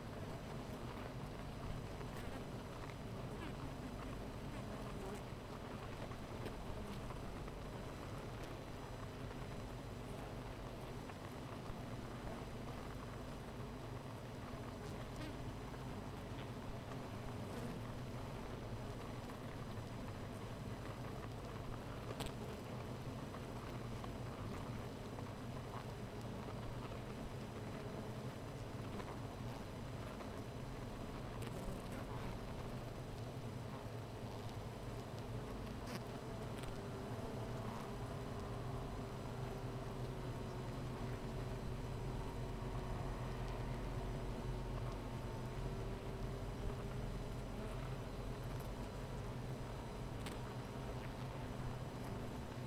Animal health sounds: honeybee colony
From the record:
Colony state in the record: missing queen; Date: 14 July 2017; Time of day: 13:51

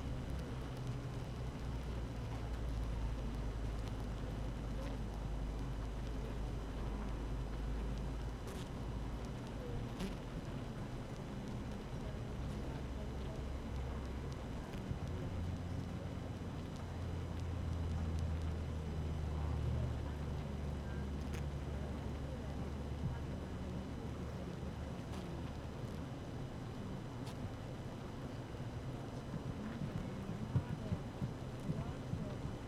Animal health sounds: honeybee colony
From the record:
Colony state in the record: active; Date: 12 June 2018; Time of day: 7:46

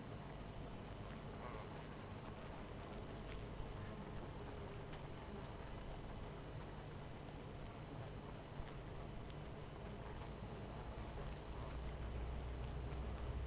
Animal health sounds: honeybee colony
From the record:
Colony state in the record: missing queen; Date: 14 July 2017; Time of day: 18:15

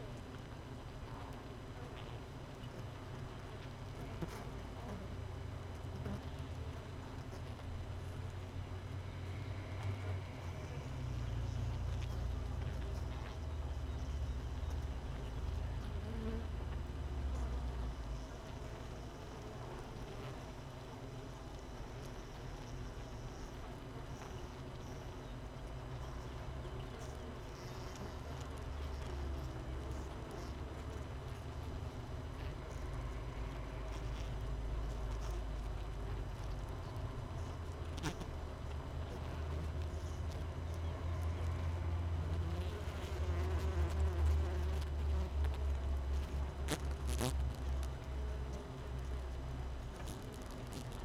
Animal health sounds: honeybee colony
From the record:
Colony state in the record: missing queen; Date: 31 May 2018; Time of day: 5:50

